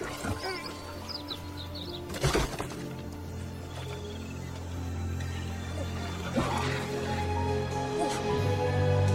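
Rocks blocking a cave passage scrape and clatter as people pull them away, with two sharper crashing bursts standing out against a steady low rumble and faint scattered noises.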